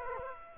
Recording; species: mosquito wingbeat signal from an infrared sensor; Culex quinquefasciatus